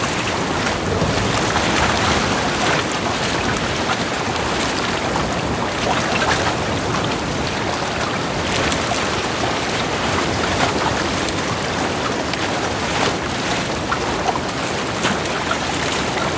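Wind and waves on a lake during a sailing trip, a dense, steady rush that fills the whole sixteen seconds at near-constant loudness. Water splashes and gusts flicker through it with no pauses, close and enveloping.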